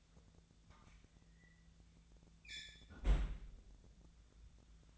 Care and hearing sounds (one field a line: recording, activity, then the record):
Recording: daily activity, microphone in the room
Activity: close fridge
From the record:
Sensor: 3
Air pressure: 1009.6 hPa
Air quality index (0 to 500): 193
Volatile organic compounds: 15 ppm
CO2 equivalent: 2509 ppm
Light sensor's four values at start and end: 37/92/40/42 and 37/92/39/42